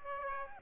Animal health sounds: mosquito wingbeat signal from an infrared sensor; Aedes aegypti

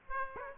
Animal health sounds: mosquito wingbeat signal from an infrared sensor; Aedes aegypti

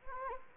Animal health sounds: mosquito wingbeat signal from an infrared sensor; Anopheles arabiensis

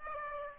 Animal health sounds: mosquito wingbeat signal from an infrared sensor; Aedes aegypti

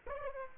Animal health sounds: mosquito wingbeat signal from an infrared sensor; Aedes aegypti

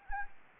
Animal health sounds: mosquito wingbeat signal from an infrared sensor; Anopheles gambiae

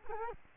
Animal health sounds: mosquito wingbeat signal from an infrared sensor; Culex quinquefasciatus

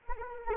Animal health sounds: mosquito wingbeat signal from an infrared sensor; Anopheles arabiensis

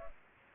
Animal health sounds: mosquito wingbeat signal from an infrared sensor; Culex pipiens

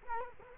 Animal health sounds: mosquito wingbeat signal from an infrared sensor; Culex quinquefasciatus

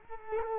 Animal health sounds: mosquito wingbeat signal from an infrared sensor; Culex quinquefasciatus

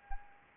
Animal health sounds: mosquito wingbeat signal from an infrared sensor; Anopheles arabiensis

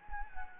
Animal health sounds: mosquito wingbeat signal from an infrared sensor; Anopheles gambiae

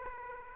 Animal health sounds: mosquito wingbeat signal from an infrared sensor; Aedes aegypti

